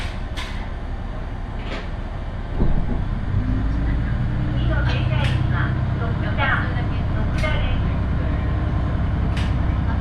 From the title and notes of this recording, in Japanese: 伊勢鉄道 四日市→津。四日市から河原田までの2駅はＪＲ区間に乗り入れ、あとは伊勢鉄道内を走ります。普通列車は１両のレールバスで数人程度の乗客ですが、土曜日ということもあり徐々に高校生が乗ってきたりと賑やかになってきます。